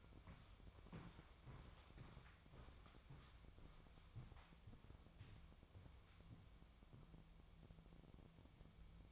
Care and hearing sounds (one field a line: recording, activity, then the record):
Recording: daily activity, microphone in the room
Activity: walk to room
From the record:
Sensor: 1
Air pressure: 999.4 hPa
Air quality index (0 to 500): 197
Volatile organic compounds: 39 ppm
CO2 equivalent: 3135 ppm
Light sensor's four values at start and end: 10/24/9/10 and 10/24/9/10